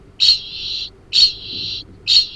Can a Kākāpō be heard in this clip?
yes